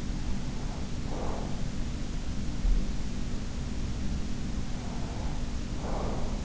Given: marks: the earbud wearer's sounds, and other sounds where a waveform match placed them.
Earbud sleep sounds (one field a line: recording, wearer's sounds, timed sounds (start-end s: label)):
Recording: sounds in sleep by an in-ear microphone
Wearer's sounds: breath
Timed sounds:
0.25-1.73 s: breath
3.79-6.45 s: breath